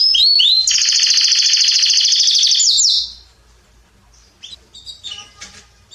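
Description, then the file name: Canary singing a loud, rolling high trill for about three seconds, followed by a few faint, scattered chirps. "Canary Voice"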